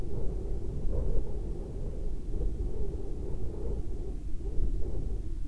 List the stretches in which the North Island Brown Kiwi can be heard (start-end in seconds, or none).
none